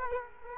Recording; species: mosquito wingbeat signal from an infrared sensor; Culex quinquefasciatus